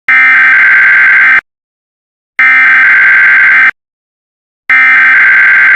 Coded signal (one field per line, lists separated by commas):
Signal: Emergency Alert System (SAME) tones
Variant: header bursts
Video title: Angry EAS (Censored)